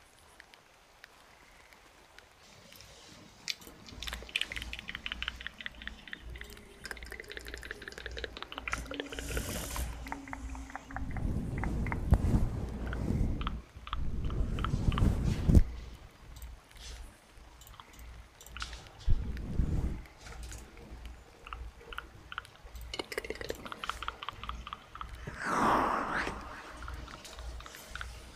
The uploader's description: tapping, owl sound, water, fireplace, ear cupping, breathing, dog snoring, jar tapping and bubbles